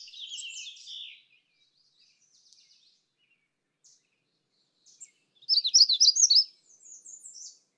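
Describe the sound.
Magnolia warbler singing a brief high warbled phrase, then near-silence with faint chips, then a louder, rapid phrase of twisting whistled notes.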